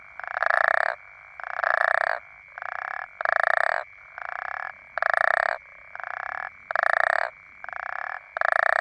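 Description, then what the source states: African common toad: grating, pulsed croaks in a regular series, strong and weaker calls interleaving, each lasting under a second, with a steady background drone. More than one toad.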